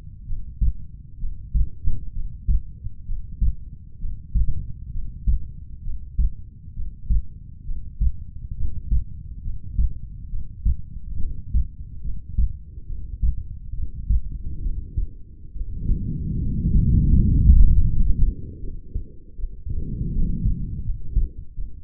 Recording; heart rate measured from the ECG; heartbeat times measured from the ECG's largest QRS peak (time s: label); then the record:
heart sounds by stethoscope; 70 bpm
0.26 s: heartbeat
1.19 s: heartbeat
2.12 s: heartbeat
3.05 s: heartbeat
3.99 s: heartbeat
4.91 s: heartbeat
5.82 s: heartbeat
6.74 s: heartbeat
7.65 s: heartbeat
8.55 s: heartbeat
9.42 s: heartbeat
10.29 s: heartbeat
11.18 s: heartbeat
12.02 s: heartbeat
12.87 s: heartbeat
13.73 s: heartbeat
14.61 s: heartbeat
15.52 s: heartbeat
16.39 s: heartbeat
17.14 s: heartbeat
17.86 s: heartbeat
18.60 s: heartbeat
19.35 s: heartbeat
20.11 s: heartbeat
20.82 s: heartbeat
21.54 s: heartbeat
From the record:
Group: healthy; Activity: breath hold 0-12 s, rest 12-22 s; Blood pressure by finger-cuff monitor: 105/70 mmHg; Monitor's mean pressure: 86 mmHg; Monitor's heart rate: 68 bpm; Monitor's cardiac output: 6.2 L/min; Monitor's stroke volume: 93 mL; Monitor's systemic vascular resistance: 970 dyn s/cm5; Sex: female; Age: 22 years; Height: 160 cm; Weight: 45 kg